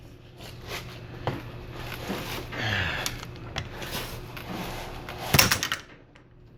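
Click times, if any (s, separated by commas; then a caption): none. A click-type torque wrench set to 200 is pulled on a bolt during a torture test, with creaking strain and a couple of sharp knocks near 5.4 s and 5.5 s. It never reaches its setting, and no click is heard.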